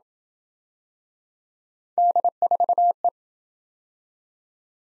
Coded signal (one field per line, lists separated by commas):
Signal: Morse code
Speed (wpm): 27 wpm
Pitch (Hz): 700 Hz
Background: none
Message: D4E